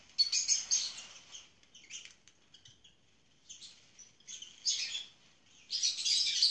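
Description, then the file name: Lovebird chattering: a loud burst of high, grating chirps, quieter scattered notes, then three further bursts of shrill twittering. "Cennet papagan i sesi"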